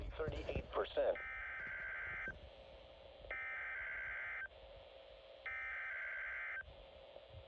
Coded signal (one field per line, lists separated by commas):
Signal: Emergency Alert System (SAME) tones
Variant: header bursts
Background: speech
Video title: SHORT AND SWEET... EAS Tests from May 2025 (EAS #5,799 - 5,813)